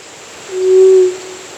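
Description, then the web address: White-throated quail-dove giving a single low, steady hoot lasting about half a second, pure and even in pitch, with faint hiss behind. Recorded in Ecuador. "Birds of Ecuador. White-Throated Quail-Dove"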